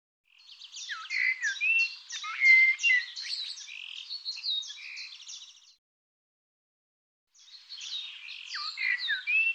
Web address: cianscape birddata Deverinetal Bird Tu Me Tu Me